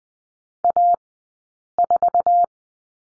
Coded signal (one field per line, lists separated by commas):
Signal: Morse code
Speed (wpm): 20 wpm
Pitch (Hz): 700 Hz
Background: none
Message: A4